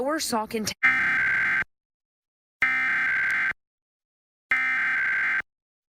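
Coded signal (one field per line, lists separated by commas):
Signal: Emergency Alert System (SAME) tones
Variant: header bursts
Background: speech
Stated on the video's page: Pennsylvania Required Monthly Tests received from television stations.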